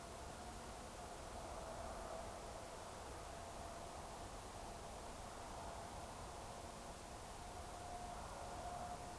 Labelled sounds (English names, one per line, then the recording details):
Eurasian Woodcock whistle
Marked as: whistle, whistle, whistle
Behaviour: display flight
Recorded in Baden-Württemberg, Germany, on 15 June 2020 at 02:28 UTC
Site 43791, 788 m above sea level